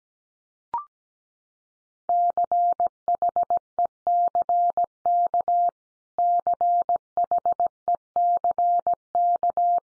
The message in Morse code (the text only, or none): CHECK CHECK